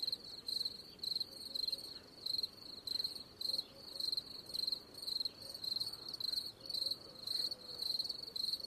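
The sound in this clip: Cricket chirps, shrill pulsed bursts repeating regularly around twice per second throughout.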